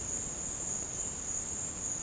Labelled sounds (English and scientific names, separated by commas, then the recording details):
none
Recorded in secondary vegetation near Puerto Asís, Putumayo, Colombia, on 24 March 2025 at 14:30
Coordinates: 0.485, -76.322
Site G040